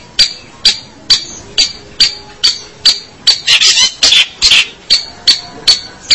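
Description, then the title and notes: Long-tailed shrike calling: harsh, scratchy notes repeated roughly twice a second, a few louder rasping bursts in the middle. "Pentet 201703. Suara burung pentet"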